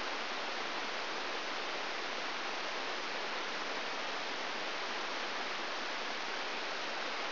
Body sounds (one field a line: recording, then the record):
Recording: brain microelectrode recording played as sound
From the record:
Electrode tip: outside the subthalamic nucleus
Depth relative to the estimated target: 3.5 mm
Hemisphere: right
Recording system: AlphaMap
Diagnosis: Parkinson's disease